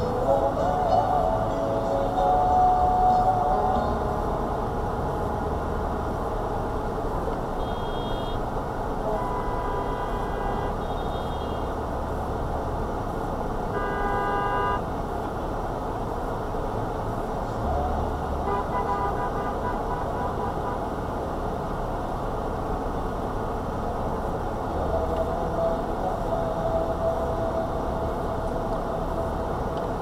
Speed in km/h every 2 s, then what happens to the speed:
0, 0, 2, 3, 3, 2, 2, 2, 2, 2, 2, 2, 2, 2, 2.
0-4 standing. 4-9 steady at about 3. 9-30 standing.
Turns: none.